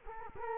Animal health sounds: mosquito wingbeat signal from an infrared sensor; Culex quinquefasciatus

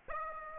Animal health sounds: mosquito wingbeat signal from an infrared sensor; Aedes aegypti

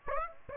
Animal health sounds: mosquito wingbeat signal from an infrared sensor; Aedes aegypti

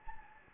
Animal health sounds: mosquito wingbeat signal from an infrared sensor; Anopheles gambiae

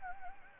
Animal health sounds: mosquito wingbeat signal from an infrared sensor; Anopheles gambiae

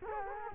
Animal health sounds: mosquito wingbeat signal from an infrared sensor; Culex quinquefasciatus

